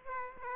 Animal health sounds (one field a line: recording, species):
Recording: mosquito wingbeat signal from an infrared sensor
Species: Aedes aegypti